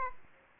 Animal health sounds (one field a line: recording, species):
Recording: mosquito wingbeat signal from an infrared sensor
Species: Aedes aegypti